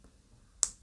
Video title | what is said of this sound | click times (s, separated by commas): Samsung Galaxy A35 5G: How to insert the SIM card? Tutorial for the SIM cards | Press it well. Usually you will hear a click noise, and this is how it should look like then. | 0.6 s